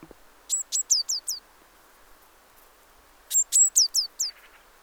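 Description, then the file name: Eurasian blue tit calling twice: each phrase a couple of sharp high notes then three clipped downward-curving notes, over soft steady hiss. "Cyanistes caeruleus"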